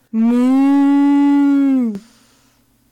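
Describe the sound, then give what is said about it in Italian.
A person imitates a cow's moo with one long, loud, steady low note lasting about two seconds, dipping slightly in pitch before cutting off into near quiet. “Dai, ormai la mucca si fa.”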